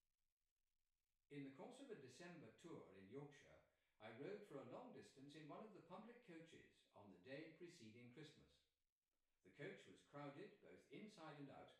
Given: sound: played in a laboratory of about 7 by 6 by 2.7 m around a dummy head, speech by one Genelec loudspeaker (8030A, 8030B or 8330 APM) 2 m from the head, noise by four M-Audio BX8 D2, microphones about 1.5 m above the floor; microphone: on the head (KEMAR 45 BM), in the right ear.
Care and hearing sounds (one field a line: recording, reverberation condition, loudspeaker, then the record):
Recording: male speech in English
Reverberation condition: medium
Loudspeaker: 60 degrees to the left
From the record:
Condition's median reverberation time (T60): about 510 ms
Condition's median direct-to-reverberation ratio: about -0.5 dB